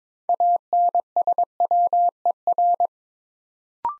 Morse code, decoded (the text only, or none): ANSWER